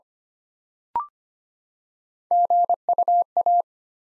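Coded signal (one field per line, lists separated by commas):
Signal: Morse code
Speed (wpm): 25 wpm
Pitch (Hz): 700 Hz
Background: none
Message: GUA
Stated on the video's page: Morse practice, 25 wpm, 9-letter words built 3 letters at a time.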